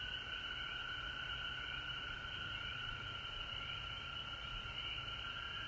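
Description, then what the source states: Frogs calling as a continuous chorus, high shrill trills pulsing over a steady lower trill, with faint hiss and no other clear sounds. Recorded at home in Georgia on March 19, 2020.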